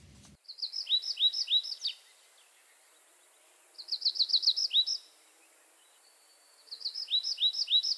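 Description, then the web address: Tree pipit song in three short bursts, each a quick run of high ringing notes over sweeping slurs, separated by pauses of about two seconds. "mini musorok bioakusztika erdeipityer"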